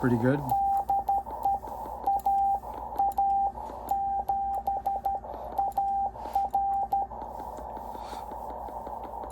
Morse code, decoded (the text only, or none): DE AA7AR